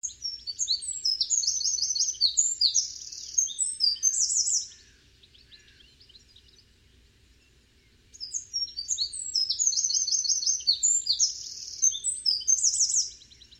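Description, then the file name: Eurasian wren song: two bursts of rapid, high, ringing trills and chattering notes, separated by a quiet pause. "Troglodytes troglodytes"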